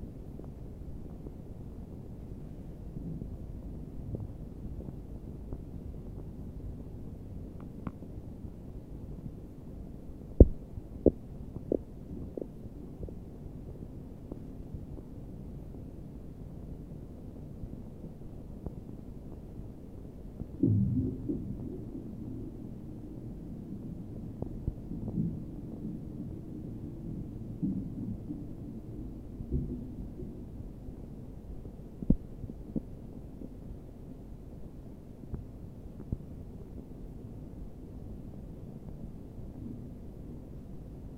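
Melting snow gives a dull, muffled low rumble with scattered soft thumps and clicks, clustered near eleven, twenty-one and thirty-two seconds.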